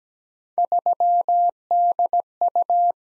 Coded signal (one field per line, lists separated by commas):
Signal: Morse code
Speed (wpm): 17 wpm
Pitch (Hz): 700 Hz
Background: none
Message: 3DU